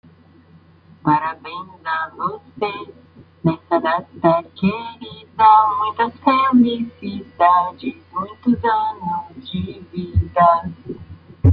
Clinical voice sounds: short text; Brazilian Portuguese; male; 20 to 29 years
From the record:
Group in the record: control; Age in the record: 23 years

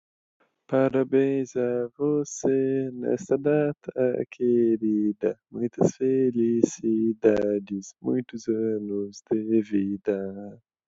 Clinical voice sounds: short text; Brazilian Portuguese; male; 20 to 29 years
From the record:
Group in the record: control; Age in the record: 20 years

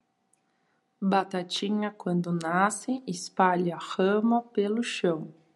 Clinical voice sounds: short text; Brazilian Portuguese; female; 30 to 39 years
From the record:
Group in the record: control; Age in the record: 35 years

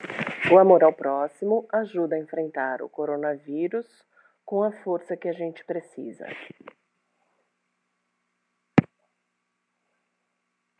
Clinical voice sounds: spoken sentence; Brazilian Portuguese; female; 50 to 59 years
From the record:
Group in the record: control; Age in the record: 55 years

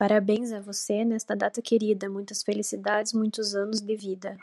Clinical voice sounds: short text; Brazilian Portuguese; female; 20 to 29 years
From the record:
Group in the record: control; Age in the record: 20 years

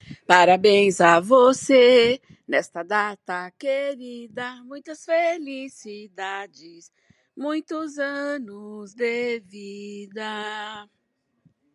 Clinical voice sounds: short text; Brazilian Portuguese; female; 60 to 69 years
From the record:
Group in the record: control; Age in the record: 64 years

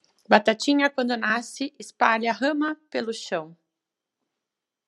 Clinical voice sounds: short text; Brazilian Portuguese; female; 50 to 59 years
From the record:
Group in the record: control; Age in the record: 53 years

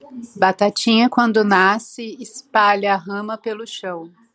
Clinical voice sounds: short text; Brazilian Portuguese; female; 40 to 49 years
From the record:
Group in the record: control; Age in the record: 45 years

